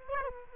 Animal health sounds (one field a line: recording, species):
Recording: mosquito wingbeat signal from an infrared sensor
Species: Aedes aegypti